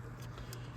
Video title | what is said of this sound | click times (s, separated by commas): P0430 Front Catalytic Converter Replacement 2011 Honda Accord Crosstour 3.5L V6 | sure everything's seated there this just snaps into place like so | 0.5 s